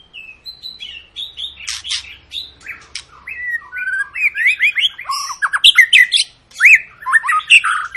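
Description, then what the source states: White-rumped shama song, a rich run of varied whistles and slurred notes, some rising sharply, growing busier and louder toward the end. Long lure song of a bird singing vigorously (gacor), used to make birds sing.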